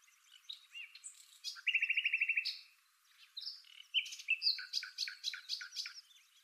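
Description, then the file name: Common nightingale song: a few varied notes, a buzzy rapid trill of pulsed notes, a pause, then a burst of varied sharp whistles and chirps in quick succession. "Luscinia megarhynchos"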